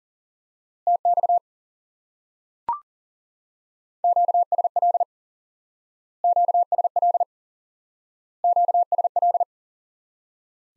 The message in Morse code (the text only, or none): TX QSL QSL QSL